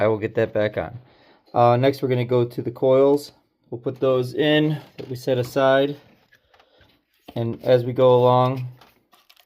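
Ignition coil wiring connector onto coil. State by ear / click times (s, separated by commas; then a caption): not seated / none. Someone talks while getting ready to plug ignition coil wiring connectors onto the reinstalled ignition coils on the V6 valve cover of a 1990s–2000s Honda/Acura 3.0 VTEC engine, with a few faint short ticks in the pauses and near the end. No connector has clicked or seated yet.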